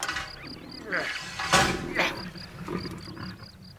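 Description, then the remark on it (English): A heavy metal bolt, the last bolt on a lion's cage being opened by a keeper, clanks and scrapes open in two sharp bursts, over a low rumbling growl from a lion and a faint, repeating high chirp. “Keeper, open the last bolt.”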